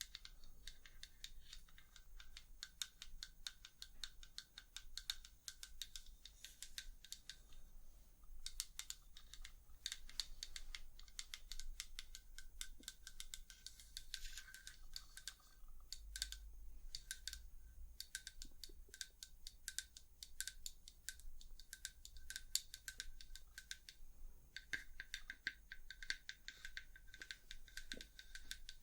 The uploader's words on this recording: ASMR Tapping. Long Nails, No Talking.